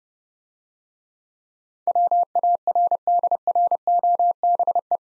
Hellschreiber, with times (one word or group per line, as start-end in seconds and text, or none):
none